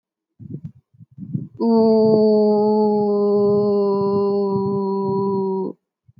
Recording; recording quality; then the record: sustained vowel as in boot; excellent, no background noise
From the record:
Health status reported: healthy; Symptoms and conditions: none ticked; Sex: female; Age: 28 years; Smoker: not ticked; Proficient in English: yes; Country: India